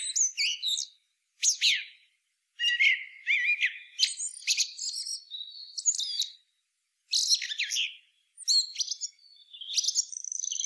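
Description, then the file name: Common blackbird producing a busy series of high, twittering and squeaky phrases with sharp chips and thin whistled slides, short gaps between bursts. "Turdus merula"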